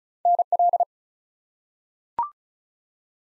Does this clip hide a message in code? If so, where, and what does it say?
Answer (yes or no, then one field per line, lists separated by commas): yes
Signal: Morse code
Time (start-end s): 0.3-0.8 s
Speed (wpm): 36 wpm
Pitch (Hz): 700 Hz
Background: none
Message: NL